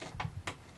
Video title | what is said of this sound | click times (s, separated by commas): Isles Yacht Club Tips on Tennis Ball Machine Use | you plug it in and again it'll have a little bit of a click and you're ready to go again | 0.2 s, 0.5 s